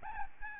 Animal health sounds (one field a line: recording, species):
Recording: mosquito wingbeat signal from an infrared sensor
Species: Aedes albopictus